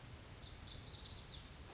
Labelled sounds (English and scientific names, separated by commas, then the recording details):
Lazuli Bunting (Passerina amoena)
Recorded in Sonoma County, California